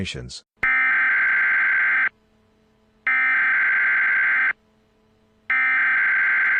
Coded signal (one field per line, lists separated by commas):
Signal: Emergency Alert System (SAME) tones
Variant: header bursts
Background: speech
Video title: EAS Scenario:The Minions